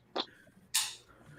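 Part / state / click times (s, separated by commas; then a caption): plastic piece into its matching plastic housing / seated / 0.8 s. A plastic piece is pushed into its matching plastic housing and snaps into place with a sharp click at 0.8 s. A softer, shorter tick comes just before at 0.2 s. The piece is seated.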